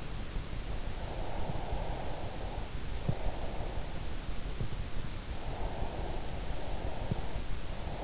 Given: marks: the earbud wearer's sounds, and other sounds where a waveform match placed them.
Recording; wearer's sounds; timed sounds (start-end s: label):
sounds in sleep by an in-ear microphone; breath
1.12-3.58 s: breath
5.41-8.03 s: breath